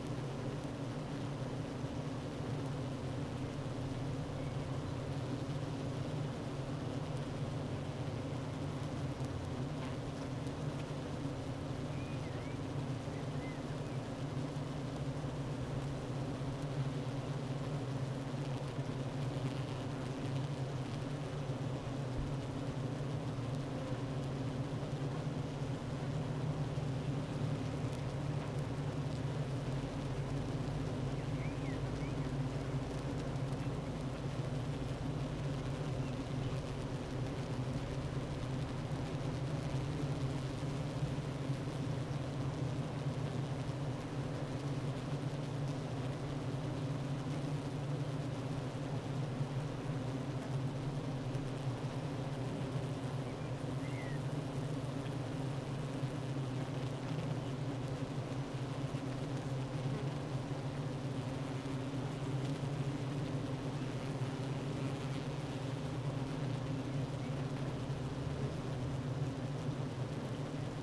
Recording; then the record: honeybee colony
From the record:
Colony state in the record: active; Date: 12 June 2018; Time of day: 9:36